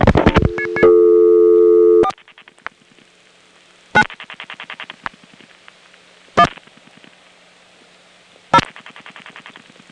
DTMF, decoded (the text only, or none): 4 9 1 0